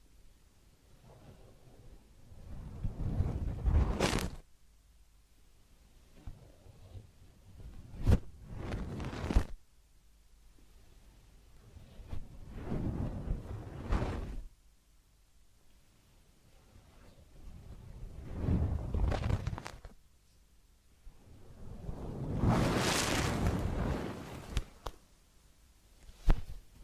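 Ear cleaning and massage sounds arrive in slow swells of soft rubbing and rustling, each building for a few seconds then fading, about every four to five seconds. The loudest swell comes near 23 seconds, with sharp brief clicks around 8 and 26 seconds.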